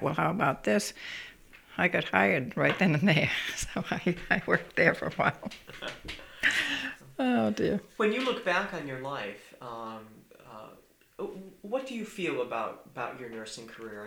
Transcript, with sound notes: "Well, how about this?" I got hired right then and there, (she laughs) so I worked there for a while. (they laugh) Oh, dear.
When you look back on your life, uh, what do you feel about, about your nursing career?